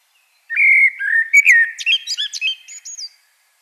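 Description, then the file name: Common blackbird giving a single song phrase, a smooth low fluted whistle followed by a rapid run of high, thin squeaky notes. "Turdus merula"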